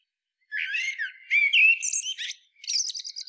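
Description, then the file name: Eurasian blackbird singing one phrase: a low whistled warble sliding upward, then rapid high chirps and a short run of thin twittering notes. "Turdus merula"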